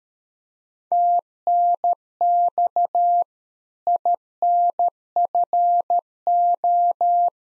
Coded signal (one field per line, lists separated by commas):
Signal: Morse code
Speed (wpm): 13 wpm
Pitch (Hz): 700 Hz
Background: none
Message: TNX INFO